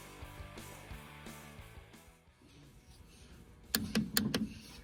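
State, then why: Torque reached. A torque wrench set to 60 N·m makes a first tightening pass on an engine bolt, apparently a connecting rod cap bolt on the crankshaft, to the manufacturer's torque during a TDI crankshaft and piston reassembly. Over background music, the wrench releases with sharp clicks at 3.7, 4.0, 4.2 and 4.3 seconds, confirming that it reached its torque setting.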